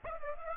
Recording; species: mosquito wingbeat signal from an infrared sensor; Aedes aegypti